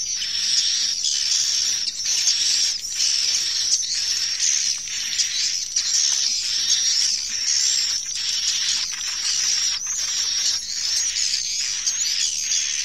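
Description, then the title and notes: Swiftlet twittering calls, a busy high-pitched chorus of buzzy chirps pulsing roughly once a second, with a faint steady whistle-like tone throughout. Recorded in connection with swiftlet farming in Asia. "Swiflet Bird Sound. Farming Swiflet Bird asia sound"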